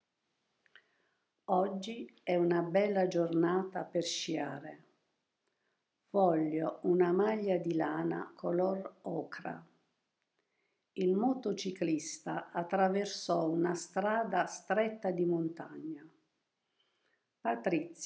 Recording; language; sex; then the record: read phrases; Italian; female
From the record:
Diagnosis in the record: healthy control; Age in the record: 72 years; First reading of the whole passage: 67 s, 7.5 characters per second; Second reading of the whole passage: 67 s, 7.5 characters per second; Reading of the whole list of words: 68 s, 4.2 characters per second